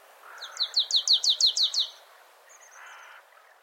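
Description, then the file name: Marsh tit calling, a rapid run of about nine sharp, high chipping notes over roughly a second and a half, followed by a thin high whistle and soft background noise. "Poecile palustris"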